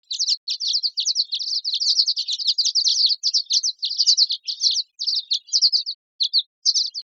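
Violet-green swallow gives a dense series of thin, buzzy chips, steady at first and then breaking into short, spaced bursts.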